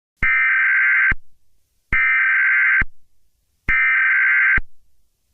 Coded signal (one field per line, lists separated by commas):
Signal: Emergency Alert System (SAME) tones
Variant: header bursts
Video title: EAS Scenario #1: The Green Virus